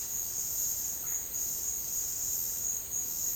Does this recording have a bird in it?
no